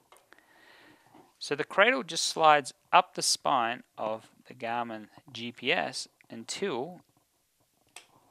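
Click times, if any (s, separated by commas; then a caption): 8.0 s. A plastic RAM Mount spine cradle is slid up the spine rail on the back of a Garmin outdoor handheld GPS while someone talks. It clicks at 8.0 s as the notch on the cradle locks into the groove on the spine, and the cradle is seated.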